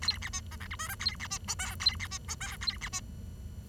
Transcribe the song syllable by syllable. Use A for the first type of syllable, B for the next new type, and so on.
A B C D E F G H A B C I J A B C I J A B C